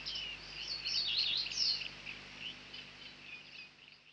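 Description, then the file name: Bearded reedling calls, a burst of rapid high chattering notes in the first two seconds, then softer scattered chirps. "Bearded Tit (Panurus biarmicus)"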